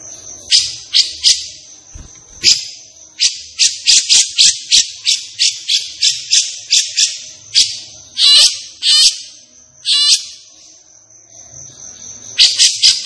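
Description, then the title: Grey-cheeked bulbul giving harsh, rasping chattering bursts in quick runs with short pauses, over a steady thin high-pitched whine throughout. Captive bird singing energetically; recording used for tutoring other captive birds (masteran). "Cucak Jenggot Gacor. Cucak Jenggot Emosi Untuk Masteran"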